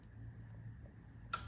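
A click-type torque wrench tightens a Womet frame slider bolt from the second side of a 2023 ZX6R motorcycle frame during a frame slider kit install. A steady low hum and a faint tick at about 0.4 s come before one sharp, clear click at 1.3 s, which shows the bolt has reached torque spec.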